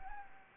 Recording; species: mosquito wingbeat signal from an infrared sensor; Anopheles gambiae